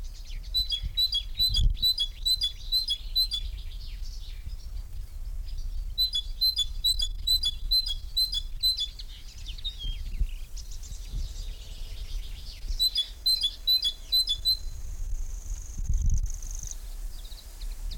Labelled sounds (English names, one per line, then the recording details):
Common Grasshopper Warbler song
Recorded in the wild
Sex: male
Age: adult
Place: Kremmen, Brandenburg, DE
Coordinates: 52.76, 13.03
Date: 1995-06-03 11:43
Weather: fair, 18°C
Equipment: Marantz CP 430, Sennheiser ME 80, Kopie Uher 4000 Report Monitor
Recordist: Tembrock, Günter